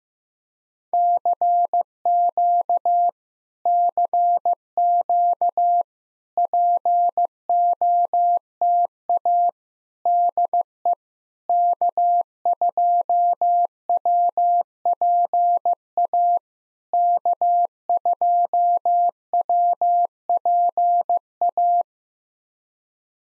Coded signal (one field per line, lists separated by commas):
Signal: Morse code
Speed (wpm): 15 wpm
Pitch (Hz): 700 Hz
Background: none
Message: CQ CQ POTA DE K2WPA K2WPA